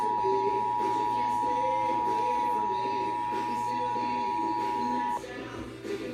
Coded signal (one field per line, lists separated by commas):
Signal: Emergency Alert System (SAME) tones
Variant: 853 and 960 Hz attention tone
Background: music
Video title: EAS #80 Severe Thunderstorm Warning